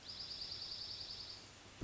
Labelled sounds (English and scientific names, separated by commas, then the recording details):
Dark-eyed Junco (Junco hyemalis)
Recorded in Sonoma County, California